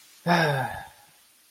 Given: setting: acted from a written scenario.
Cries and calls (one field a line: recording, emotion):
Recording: vocal sound without words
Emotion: disappointment